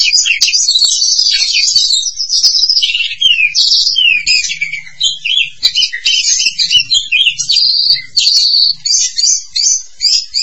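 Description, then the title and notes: Starling song, loud and continuous, mixing high whistles, sliding notes and scratchy chatter in a rapid, varied stream with short pauses near the end. "suara burung jalak"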